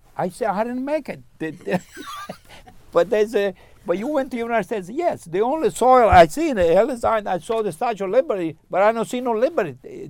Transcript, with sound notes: I say, "I didn't make it". [laughs] But they say, "but you went to the United States!" "Yes! The only soil I seen is Ellis Island, I saw the Statue of Liberty, but I don't see no liberty."